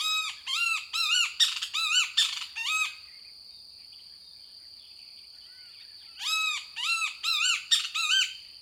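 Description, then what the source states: Great Kiskadee dawn song: bursts of loud, arched notes in fast series, a pause of about three seconds, then another rapid burst. Dawn singing at break of dawn in a heavily forested park along the Rio Grande near Mission, lower Rio Grande Valley, South Texas; singer hidden in a thicket.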